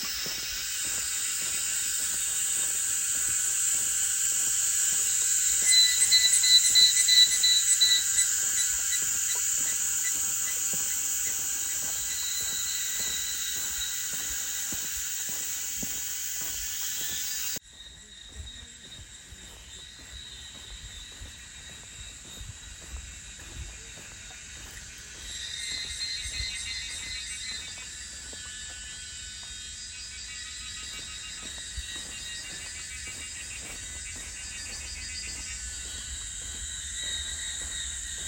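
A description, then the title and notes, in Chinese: A summer morning on a mountain walking trail, filled with a dense, steady chorus of insects and birds in high, bright tones. The sound cuts abruptly at about 17 seconds to a quieter, thinner chorus with a faint low rumble, swelling again near 25 seconds. 夏天早晨的陽明山二子坪步道。這裡的路寬，除了碎石步道外，一旁還鋪有無障礙的水泥路。蟲聲蟬叫是最美的夏季聲景。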